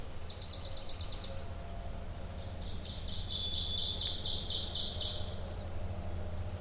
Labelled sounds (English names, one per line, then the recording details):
Ovenbird song
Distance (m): 35 m
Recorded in boreal forest in Alberta, Canada, on 26 May 2016 at 07:05
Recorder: SongMeter 3, array SBT-3-15
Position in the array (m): 40 m, 273 m
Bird 20